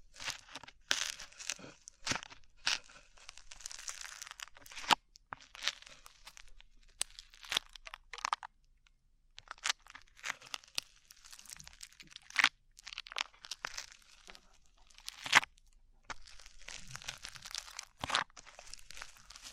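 Sticky slime being squished and pulled, with irregular bursts of crinkly, crackling pops and sharp snaps every second or two, pausing briefly around eight seconds.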